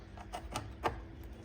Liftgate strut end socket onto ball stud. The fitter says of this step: And it just locks into place.